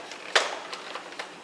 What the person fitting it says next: you hear the clicking noise